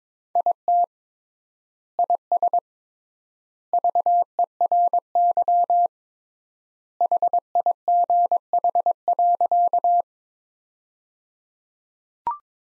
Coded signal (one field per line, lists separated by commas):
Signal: Morse code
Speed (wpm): 22 wpm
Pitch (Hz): 700 Hz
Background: none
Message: IT IS VERY HIGH.